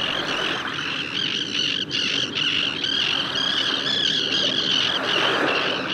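Tern calls, a continuous stream of harsh, high, squealing cries overlapping one another, with a steady broad background rush.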